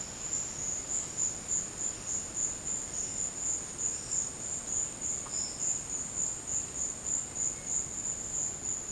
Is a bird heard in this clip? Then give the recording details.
no. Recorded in dense forest near Puerto Asís, Putumayo, Colombia, on 24 March 2025 at 14:00. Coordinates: 0.481, -76.323. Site G088